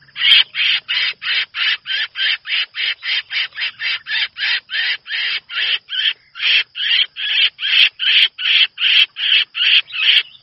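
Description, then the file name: Red-whiskered bulbul giving a steady series of harsh, grating distress notes, about two and a half per second, throughout. Distress call; the bird is calling for help. "Tieng chao mao keu cuu"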